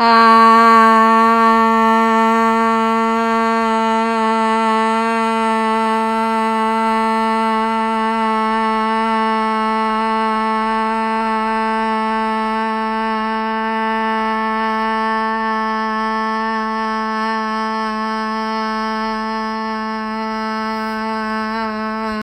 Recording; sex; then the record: sustained vowel /a/; female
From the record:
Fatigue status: no fatigue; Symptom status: symptomatic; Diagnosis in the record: COVID-19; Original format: m4a